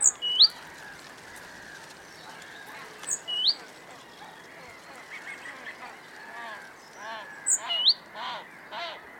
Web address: SETE data Parus major